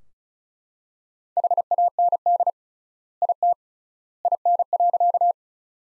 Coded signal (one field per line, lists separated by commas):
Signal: Morse code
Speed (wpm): 36 wpm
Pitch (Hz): 700 Hz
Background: none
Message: HAND IT IN.